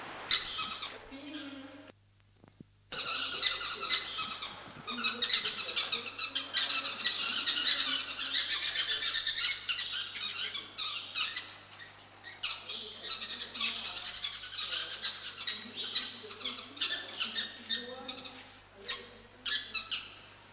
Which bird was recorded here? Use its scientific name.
Philetairus socius